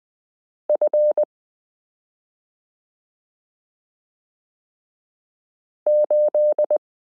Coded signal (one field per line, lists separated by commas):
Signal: Morse code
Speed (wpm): 20 wpm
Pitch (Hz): 600 Hz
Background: none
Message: F 8